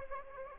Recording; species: mosquito wingbeat signal from an infrared sensor; Aedes aegypti